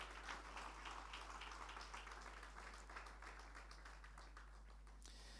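An audience at a morning church service applauds together in praise of the Lord, a dense, steady wash of many clapping hands that keeps an even level for several seconds and fades slightly at the end.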